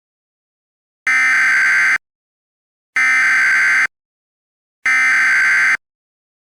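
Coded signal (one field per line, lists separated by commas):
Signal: Emergency Alert System (SAME) tones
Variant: header bursts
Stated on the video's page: Fictional EAS scenario recreating the 1997 Jarrell, Texas tornado.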